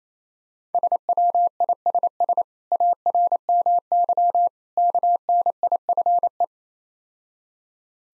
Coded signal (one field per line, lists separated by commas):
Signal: Morse code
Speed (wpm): 28 wpm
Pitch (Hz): 700 Hz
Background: none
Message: SWISS ARMY KNIFE